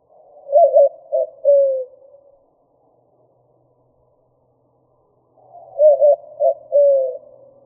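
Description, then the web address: White-winged dove giving two soft hooting coo phrases, each with quick wavering notes then a drawn-out falling final coo, with a quiet gap of about three seconds between them. "Doves WWDO. deviche"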